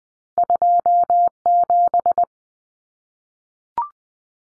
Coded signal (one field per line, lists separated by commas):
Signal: Morse code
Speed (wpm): 20 wpm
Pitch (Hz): 700 Hz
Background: none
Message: 27